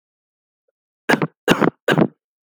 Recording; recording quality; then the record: shallow voluntary cough; excellent, no background noise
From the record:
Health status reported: respiratory illness, not identified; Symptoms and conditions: asthma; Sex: male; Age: 23 years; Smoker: not ticked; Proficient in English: yes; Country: India